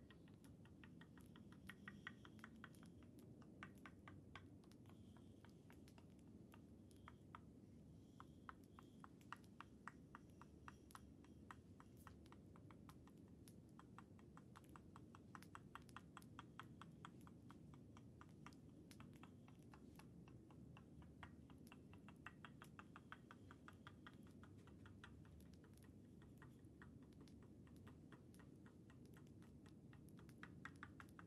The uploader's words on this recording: ASMR Tok Sen Thai hammer massage.